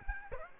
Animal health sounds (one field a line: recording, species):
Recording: mosquito wingbeat signal from an infrared sensor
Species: Aedes aegypti